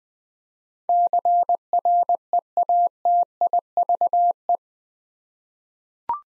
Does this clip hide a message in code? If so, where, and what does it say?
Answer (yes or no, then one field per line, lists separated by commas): yes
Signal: Morse code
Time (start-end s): 0.9-4.6 s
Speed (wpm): 20 wpm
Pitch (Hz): 700 Hz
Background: none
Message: CREATIVE